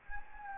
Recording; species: mosquito wingbeat signal from an infrared sensor; Anopheles gambiae